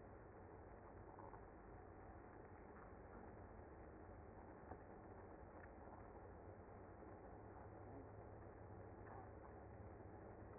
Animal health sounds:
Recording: honeybee colony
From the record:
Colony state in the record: active

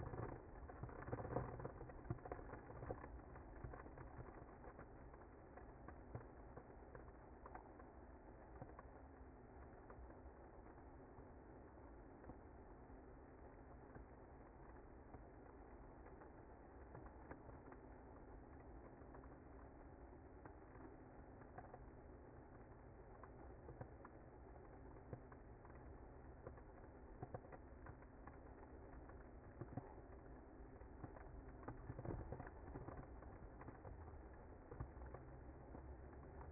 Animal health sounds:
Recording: honeybee colony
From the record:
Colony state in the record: active

